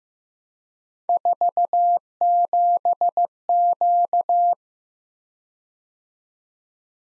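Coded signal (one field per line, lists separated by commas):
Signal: Morse code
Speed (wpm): 15 wpm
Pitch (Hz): 700 Hz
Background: none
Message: 47Q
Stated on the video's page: Morse practice of random three-character letter and number groups at 15 wpm, for head copy.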